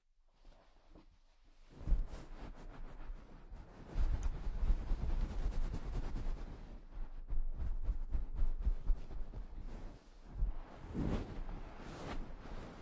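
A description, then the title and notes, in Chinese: A head massage session, with soft rubbing and scratching sounds that start after a quiet first two seconds. Dense, uneven rustling continues with frequent small taps and crackles, a low thumping underneath, and brief louder swells around four and eleven seconds. 疗愈SPA！头部调理，深度放松。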